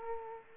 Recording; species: mosquito wingbeat signal from an infrared sensor; Culex quinquefasciatus